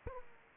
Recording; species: mosquito wingbeat signal from an infrared sensor; Aedes aegypti